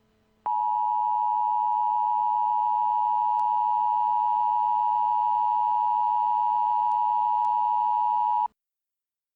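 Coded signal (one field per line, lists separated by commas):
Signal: Emergency Alert System (SAME) tones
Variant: 853 and 960 Hz attention tone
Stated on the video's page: Emergency alert tones; the creators make both realistic and extreme scenario alerts.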